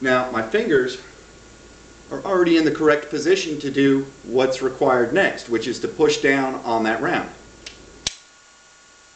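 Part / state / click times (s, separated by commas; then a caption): shotgun shell pressing the carrier release in the receiver / released / 8.1 s. Someone talks while, with the bolt of a Benelli shotgun locked back, a shotgun shell is placed in the ejection port and pushed down with the fingers onto the carrier release in the receiver. A sharp metallic click comes at 8.1 s as the carrier latch disengages and the carrier release clicks free.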